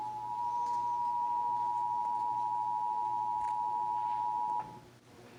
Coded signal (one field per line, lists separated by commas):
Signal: Emergency Alert System (SAME) tones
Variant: 853 and 960 Hz attention tone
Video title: (EAS #547-552) December 2023 Texas Required Monthly Test